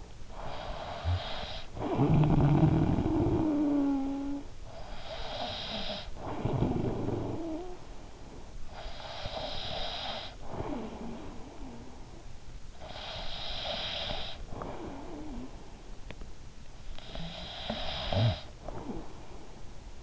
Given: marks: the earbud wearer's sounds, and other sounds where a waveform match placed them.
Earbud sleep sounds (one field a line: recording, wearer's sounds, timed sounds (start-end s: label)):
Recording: sounds in sleep by an in-ear microphone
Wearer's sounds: snoring breath, breath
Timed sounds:
0.09-4.34 s: snoring breath
4.57-8.40 s: snoring breath
8.40-12.41 s: breath
12.41-16.44 s: snoring breath
16.64-20.03 s: snoring breath